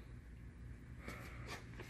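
A strainer basket is handled and set back into a pump housing to be pushed down and locked in place, over a steady low hum. Broadband scraping and rustling rise around 1.1 s and 1.5 s, with a brief sharp tap near 1.8 s. The clip ends before the basket goes home, so nothing has seated or clicked yet.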